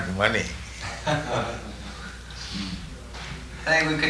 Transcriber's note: chuckling